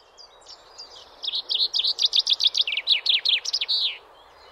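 Common chaffinch singing one song phrase: a few soft notes, then a quick series of bright, sharp notes ending in a brief flourish.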